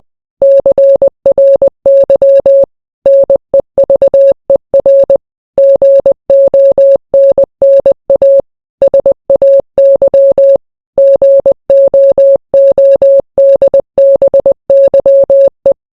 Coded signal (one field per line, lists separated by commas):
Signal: Morse code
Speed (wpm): 20 wpm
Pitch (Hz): 550 Hz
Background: none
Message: CRY NEVER GONNA SAY GOODBYE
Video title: Translate the Morse code